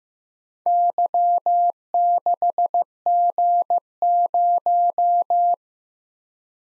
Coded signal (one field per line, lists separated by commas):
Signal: Morse code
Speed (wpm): 15 wpm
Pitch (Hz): 700 Hz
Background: none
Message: Y6G0